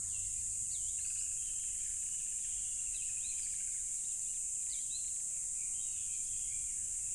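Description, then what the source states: Crickets keep up a steady, high, unbroken shrill chorus, while scattered birds chirp and whistle faintly beneath it. Loud crickets recorded at a tropical river.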